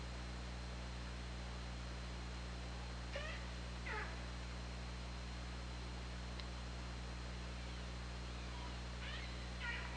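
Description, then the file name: Killer whale calls: four harmonic calls arriving in two pairs, separated by quiet hiss, with constant low hum underneath. Recorded on an OrcaLab hydrophone, 24 August 2017, around 21:40. "Orca Lab UTLN 20170824 214050"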